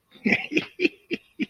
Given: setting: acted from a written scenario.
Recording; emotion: vocal sound without words; amusement